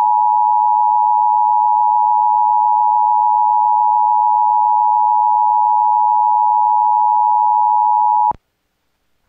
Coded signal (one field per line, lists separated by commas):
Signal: Emergency Alert System (SAME) tones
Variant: 853 and 960 Hz attention tone